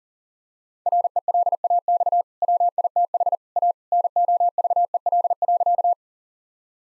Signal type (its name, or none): Morse code